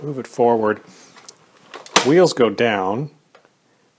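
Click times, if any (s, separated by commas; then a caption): none. Someone talks while the handle of a Dyson DC65 ball upright vacuum is pushed forward to lock it upright as the wheels go down, with faint knocks around 1.3–1.9 s and soft taps near 3.4 s. None of these is the locking click: the handle has not clicked into place and falls back if released.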